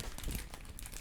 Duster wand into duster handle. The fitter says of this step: um but yeah it snaps right into place the wand does